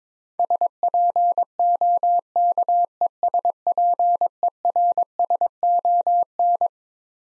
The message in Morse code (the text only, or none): SPOKESPERSON